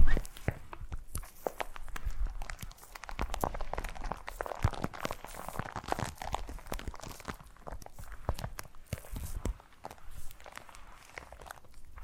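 Foam massage: dense, irregular squeaks, rubs and crunchy taps follow each other quickly for the full twelve seconds. The sound stays fairly bright and busy, with sharper clicks scattered throughout and a slightly louder stretch near the start and middle.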